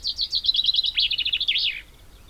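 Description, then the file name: Common chaffinch song: a rapid run of sweet, high notes descending in steps and finishing with a sharp terminal flourish. "Fringilla coelebs"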